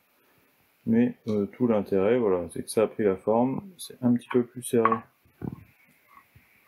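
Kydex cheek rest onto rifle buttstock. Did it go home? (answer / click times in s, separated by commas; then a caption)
yes / 5.4 s, 5.5 s. A heat-formed kydex cheek rest is pressed onto a rifle buttstock with no glue, screws or drilling while someone talks. Two quick clicks are heard at 5.4 s and 5.5 s as it snaps into place, fitting a little tighter now. Once engaged, it is seated and no longer moves.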